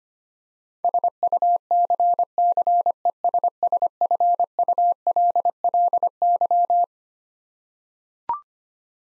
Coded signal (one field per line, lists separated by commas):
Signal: Morse code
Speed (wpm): 25 wpm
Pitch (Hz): 700 Hz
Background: none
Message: SUCCESSFULLY